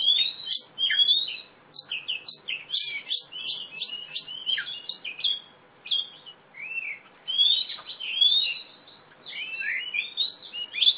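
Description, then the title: Oriental magpie-robin in rich song, mixing quick chirps and downslurred whistles in dense phrases separated by pauses. Female competition bird, black, national champion singer in lively song with a fighting style, East Java, Indonesia. "Kacer Juara 1 Nasional gacor kacer juara nasional jawa timur kacer tarung betina poci gacor hitam"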